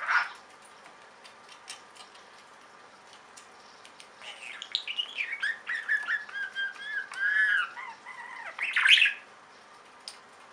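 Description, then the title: Budgerigar warbling chatter: a few isolated chirps, then a rambling stream of whistled, wavering notes building to a loud squawky burst near the end. "Budgie Sounds"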